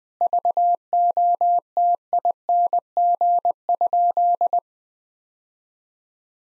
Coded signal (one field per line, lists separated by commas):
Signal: Morse code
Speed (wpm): 20 wpm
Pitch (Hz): 700 Hz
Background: none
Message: VOTING?